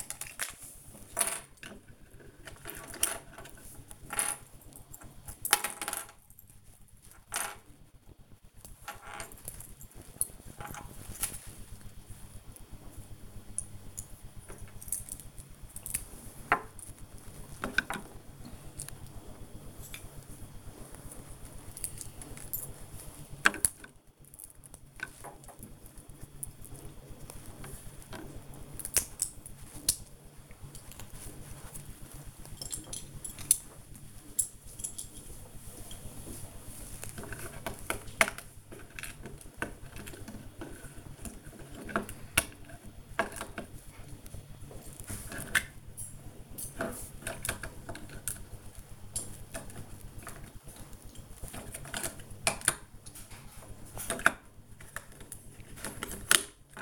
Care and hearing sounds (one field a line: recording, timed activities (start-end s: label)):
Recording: household activities, microphone on the right wrist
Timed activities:
0.00-17.32 s: building with lego
18.32-56.82 s: building with lego